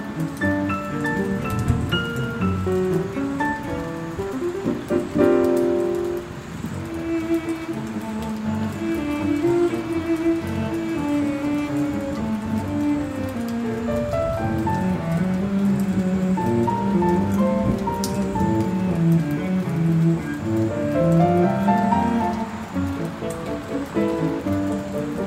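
Piano music plays continuously, shifting chords and melody notes, over a steady rain hiss that fills the whole twenty-five seconds without pause.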